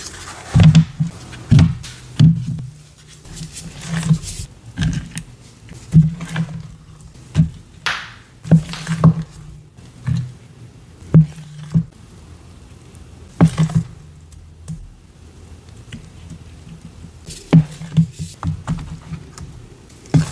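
Paste being mixed and molds filled: irregular soft taps and sticky clicks every second or so over a low steady hum, with occasional scraping swishes.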